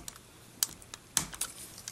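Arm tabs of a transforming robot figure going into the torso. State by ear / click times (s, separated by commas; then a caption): seated / 0.6 s, 1.2 s. The plastic tabs on the arms of an MP-13 Masterpiece Soundwave transforming robot figure are pushed into the torso, with sharp clicks at 0.6 s and 1.2 s among a few fainter plastic ticks. The tabs seat and click into place.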